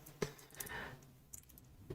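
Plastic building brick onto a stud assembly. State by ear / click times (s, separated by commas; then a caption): not seated / none. A plastic building brick is pressed onto the second side of a small stud assembly, after the first side had given a good click. Only a few faint, brief ticks and soft handling noises are heard against a quiet background. This time the brick does not click into place; nothing has seated or clicked yet.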